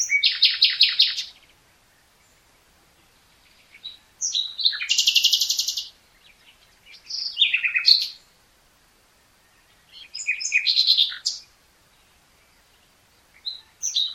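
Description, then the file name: Common nightingale song: several powerful phrases of rattling trills and sharp whistled notes, separated by pauses. "Luscinia megarhynchos"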